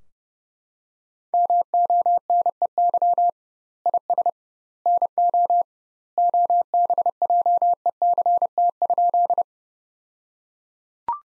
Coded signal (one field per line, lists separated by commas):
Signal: Morse code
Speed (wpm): 32 wpm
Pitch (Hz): 700 Hz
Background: none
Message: MONEY IS NO OBJECT?